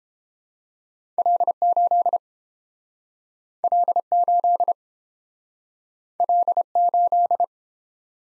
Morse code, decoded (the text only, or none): L8 L8 L8